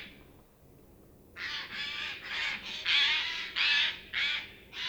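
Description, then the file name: Eurasian jay giving a run of harsh, rasping screeches, about eight broad noisy bursts in quick succession after a second of quiet. "Garrulus glandarius"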